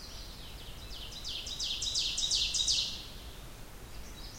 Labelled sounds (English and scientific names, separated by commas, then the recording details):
Ovenbird (Seiurus aurocapilla) song
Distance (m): 30 m
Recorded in boreal forest in Alberta, Canada, on 16 June 2016 at 06:13
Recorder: SongMeter 3, array SBT-3-32
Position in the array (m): 107 m, 141 m
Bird 37